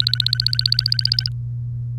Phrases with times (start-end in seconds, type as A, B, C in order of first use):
0.00-1.29 A